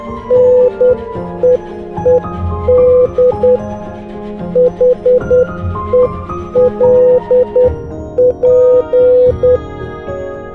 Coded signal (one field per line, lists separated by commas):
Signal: Morse code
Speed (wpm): 10 wpm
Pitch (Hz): 500 Hz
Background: music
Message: NEED HELP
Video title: When SHTF - Morse Code Will Be Essential For You